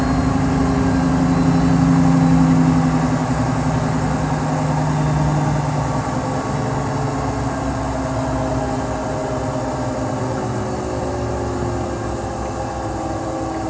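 A washing machine turns its laundry with an even, rumbling drone, a steady low motor hum running throughout. The first five seconds are a bit louder and fuller, with a low tone that fades around the fifth second, then the churning settles into a quieter, constant rumble.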